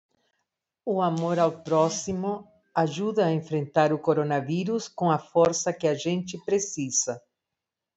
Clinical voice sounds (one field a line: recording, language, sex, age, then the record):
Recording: spoken sentence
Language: Brazilian Portuguese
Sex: female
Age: 60 to 69 years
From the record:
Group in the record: control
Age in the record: 69 years